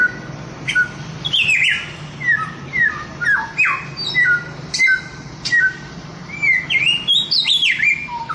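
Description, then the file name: Chinese grosbeak singing a varied string of fluty whistles, brief falling slurs and sharp clicks, with hardly a pause throughout and a soft steady hum beneath. Samyong (Chinese grosbeak) masteran, a song-training recording. "masteran samyong omkicau"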